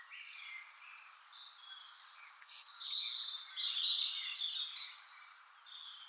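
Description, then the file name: European robin with a wavering phrase of high, drawn-out whistles and short sweeping notes, growing louder midway. "Erithacus rubecula"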